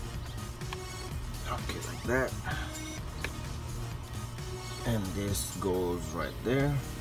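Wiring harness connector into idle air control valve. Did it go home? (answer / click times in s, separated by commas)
no / none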